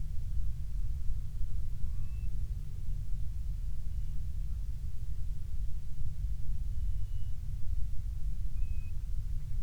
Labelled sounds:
bird

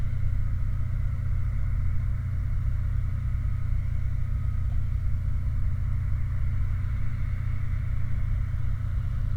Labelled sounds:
machinery
flare stack

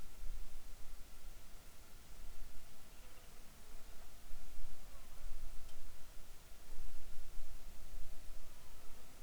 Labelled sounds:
insects

